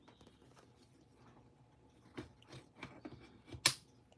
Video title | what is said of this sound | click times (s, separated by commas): Low cost night vision update | okay locks in place | 3.7 s